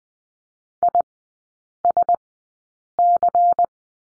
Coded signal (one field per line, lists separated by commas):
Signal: Morse code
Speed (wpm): 20 wpm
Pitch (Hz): 700 Hz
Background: none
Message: ISC